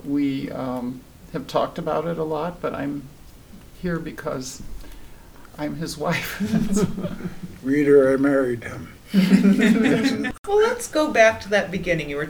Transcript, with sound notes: we have talked about it a lot but I'm here because I'm his wife. [LAUGHTER]
Reader, I married him.
Let's go back to that beginning.